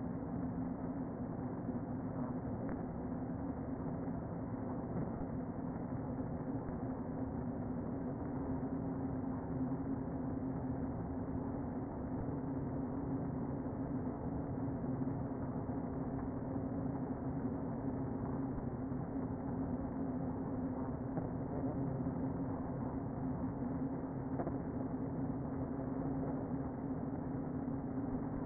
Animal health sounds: honeybee colony, microphone inside the hive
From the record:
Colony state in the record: queen present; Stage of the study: before two queens were removed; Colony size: about 60,000 bees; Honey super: yes

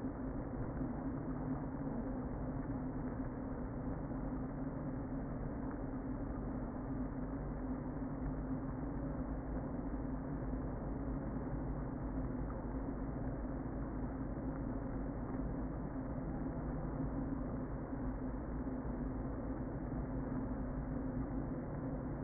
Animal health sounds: honeybee colony, microphone inside the hive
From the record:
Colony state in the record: queen present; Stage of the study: before two queens were removed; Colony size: about 60,000 bees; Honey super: yes

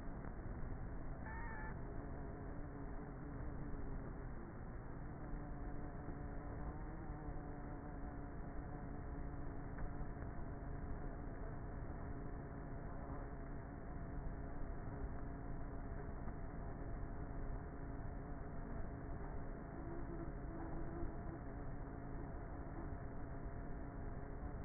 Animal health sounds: honeybee colony, microphone inside the hive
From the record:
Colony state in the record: queenless with a low population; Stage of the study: before two queens were removed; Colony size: about 30,000 bees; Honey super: no

